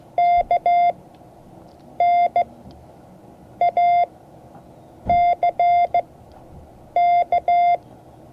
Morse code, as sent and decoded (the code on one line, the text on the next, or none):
-.- -. .- -.-. -.-
KNACK